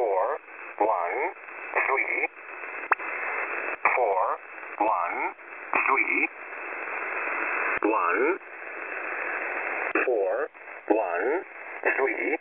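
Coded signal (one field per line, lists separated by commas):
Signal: numbers station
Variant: E07 English Man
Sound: male synthetic-sounding voice reading single digits evenly spaced, about twelve words, over static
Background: radio static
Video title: E07 English Man Numbers Station - 17461 kHz 2023-Oct-13 1500z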